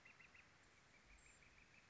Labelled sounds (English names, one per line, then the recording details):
Northern Flicker
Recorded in Sonoma County, California